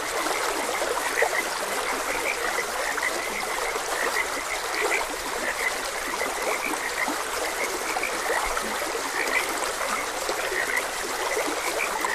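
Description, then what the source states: Frogs croaking in a loose, continuous chorus of quick notes above the even trickling of stream water. Frogs croaking beside a gentle stream.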